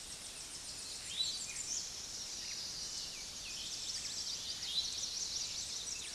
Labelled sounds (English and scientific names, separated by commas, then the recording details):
Eastern Towhee (Pipilo erythrophthalmus) song
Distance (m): 25 m
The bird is about level with the microphone
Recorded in a Pennsylvania forest on 16 May 2024 at 06:16
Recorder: AudioMoth, point MSD-0407
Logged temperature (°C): 15.8 °C
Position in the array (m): 50 m, 171 m